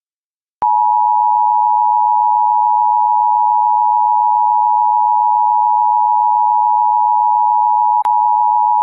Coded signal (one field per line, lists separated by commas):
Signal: Emergency Alert System (SAME) tones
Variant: 853 and 960 Hz attention tone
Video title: EAS scenario 2, The White Death